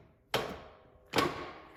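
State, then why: Seated. The splined inner end of a steel CV axle on a Can-Am X3 UTV is lined up parallel with the transmission and pushed in with some force. A sharp click at 0.3 s marks the retaining clip snapping home, and a second similar hit follows at about 1.2 s. The axle is seated in the transmission and ready for the hub.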